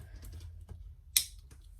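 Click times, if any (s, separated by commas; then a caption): 1.2 s. The head piece of a dark blue and black Lego Thanator creature, a plastic brick build, is pressed onto its ball joint. Over faint low background rumble and a few soft ticks, a sharp, bright snap sounds at 1.2 s. The head clips into the socket and holds firmly.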